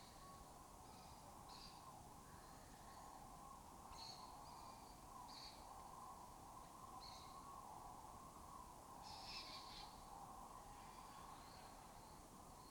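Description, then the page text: Lesser kestrel giving short, raspy, harsh calls in scattered bursts over a steady insect-like hum. Colony breeding in an abandoned building complex in Doñana, southern Europe breeding area; migratory species that forages in West Africa. "Lesser Kestrels Took Over an Abandoned Building. A migratory raptor wich spends its foraging time in West Africa and breeds in southern Europe. Here in Doñana"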